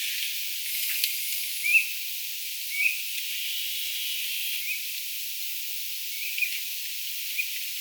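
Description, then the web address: Common ringed plover calls: a few short, soft whistled notes at irregular intervals, heard over a steady loud hiss. Several ringed plovers arriving at the site on 14 August 2025. "paivat 14 8 2025 paikalle saapuu tylleja"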